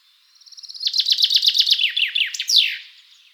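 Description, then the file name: Common chaffinch song, one strophe: thin notes build into a loud, fast descending trill of repeated chips that ends in a sweeping downward flourish. "Fringilla coelebs"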